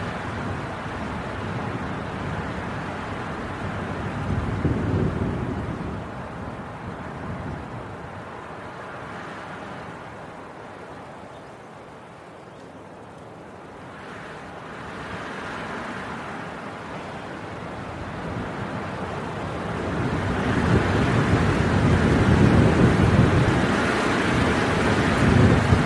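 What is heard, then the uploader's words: A winter wind storm roars in continuous, rushing gusts that swell and fade. The wind is loud in the opening seconds, eases to a quieter lull around the middle, then builds again into its strongest, deepest gusts after about twenty seconds. Winter Wind Storm.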